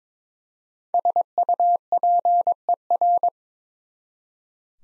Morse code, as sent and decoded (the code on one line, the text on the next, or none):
... ..- .--. . .-.
SUPER